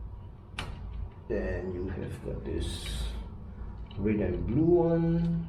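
A small yellow cable connector is popped back, one at a time, into its socket on the circuit board of a Canon imageCLASS 249 DW printer during a hinge replacement. A sharp pop-like click is heard at 0.6 s as the connector seats, and someone talks. The connector is seated.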